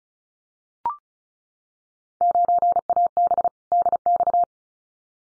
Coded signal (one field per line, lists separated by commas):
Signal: Morse code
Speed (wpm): 34 wpm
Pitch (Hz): 700 Hz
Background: none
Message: 9AB DX